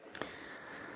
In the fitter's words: 여기 키스 8611 Q고 쓰여 있는이 부분 있죠이 부분을 닫아 주시면 딱 소리가 나죠